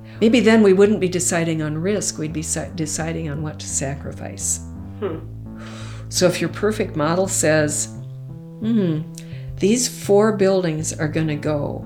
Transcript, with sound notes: maybe then we wouldn't be deciding on risk. We'd be deciding on what to sacrifice.
Hm. [blows air]
So if your perfect model says, "hmm... these four buildings are going to go...